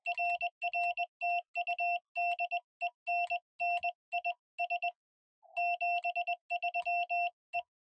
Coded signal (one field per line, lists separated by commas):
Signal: Morse code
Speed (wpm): 19 wpm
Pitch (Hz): 700 Hz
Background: none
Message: RR TU DENNIS 73 E